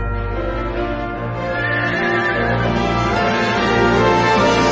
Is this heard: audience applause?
no